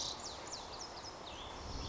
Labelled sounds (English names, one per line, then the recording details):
Cassin's Vireo
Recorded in Sonoma County, California